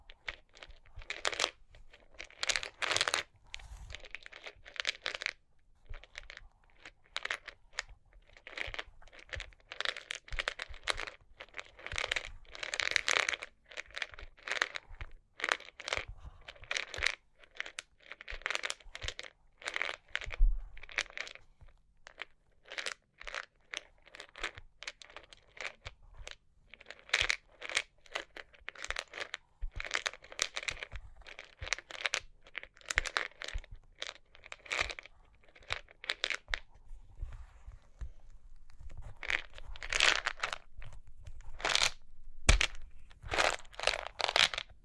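Tapping and scratching on cork and wood, a dense run of dry crunchy scrapes and crinkles in uneven bursts, with occasional low thumps.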